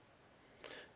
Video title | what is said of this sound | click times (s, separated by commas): How to Replace the Spark Plugs on a 1997 Ford F150 | then we get it into position on the spark plug make sure it snaps into place | 0.6 s